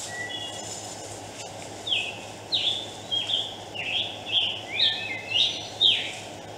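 Scarlet tanager song, a series of hoarse, burry phrases about every half second, over a steady low hum.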